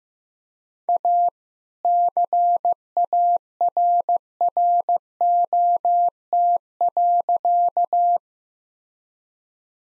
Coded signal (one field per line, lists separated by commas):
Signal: Morse code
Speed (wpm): 15 wpm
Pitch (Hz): 700 Hz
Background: none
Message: A CARROT.